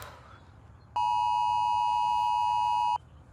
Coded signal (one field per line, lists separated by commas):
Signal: Emergency Alert System (SAME) tones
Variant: 853 and 960 Hz attention tone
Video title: those times the EAS messed up